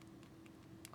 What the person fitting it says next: and that's a positive lock there's almost no play in this at all